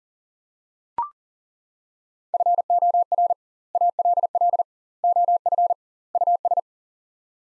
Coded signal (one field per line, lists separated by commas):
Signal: Morse code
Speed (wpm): 40 wpm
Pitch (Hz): 700 Hz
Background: none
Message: FOR ALL OF US